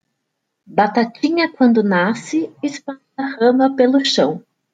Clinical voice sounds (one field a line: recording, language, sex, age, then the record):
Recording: short text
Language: Brazilian Portuguese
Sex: female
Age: 20 to 29 years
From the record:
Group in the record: control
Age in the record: 29 years